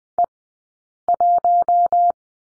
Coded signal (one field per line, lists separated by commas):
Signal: Morse code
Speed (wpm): 18 wpm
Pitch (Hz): 700 Hz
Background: none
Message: E 1